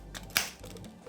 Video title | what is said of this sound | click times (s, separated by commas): Rakor le Dragon ! / Dungeons & Dragons / Donjons et dragons : Unboxing Review Avis | Hop là, ça s'enclenche bien. | 0.4 s